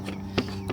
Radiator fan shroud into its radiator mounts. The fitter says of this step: Get the new shroud in here. Clicks back in.